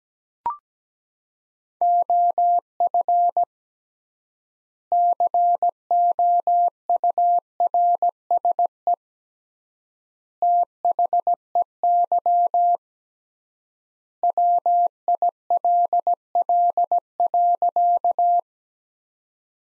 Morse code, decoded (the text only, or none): OF COURSE THEY WILL.